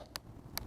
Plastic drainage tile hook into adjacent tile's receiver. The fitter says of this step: light pressure you'll hear a little click it's important that we don't